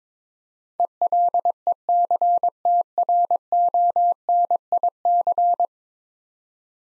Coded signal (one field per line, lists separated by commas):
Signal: Morse code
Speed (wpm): 22 wpm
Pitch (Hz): 700 Hz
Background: none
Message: ELECTRONIC